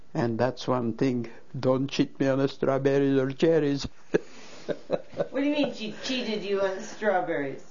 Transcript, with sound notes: And that's one thing, don't cheat me on the strawberries or cherries. ( she laughs )
What do you mean she cheated you on the strawberries?